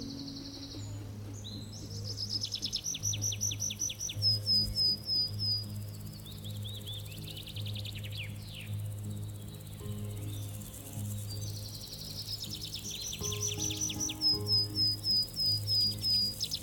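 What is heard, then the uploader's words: Birds sing bright, repeating trills twice, around three and fourteen seconds, over a soft steady low hum and gentle music-like tones throughout. This episode of our podcast takes you deep into the countryside, with the soft songs of birds and buzzing of bees, accompanied by relaxing music.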